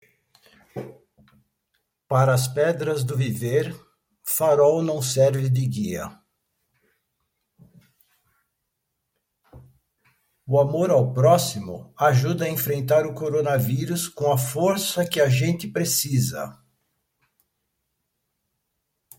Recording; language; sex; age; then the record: spoken sentence; Brazilian Portuguese; male; 70 to 79 years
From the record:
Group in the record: control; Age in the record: 70 years